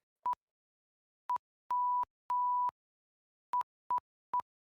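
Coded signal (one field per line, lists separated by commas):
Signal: none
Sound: video call join chime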